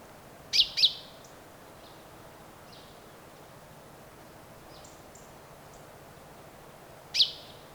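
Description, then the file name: Common chaffinch giving sharp 'pink' calls, a rapid double note then a single one after a long pause, with faint chirps. "Fringilla coelebs"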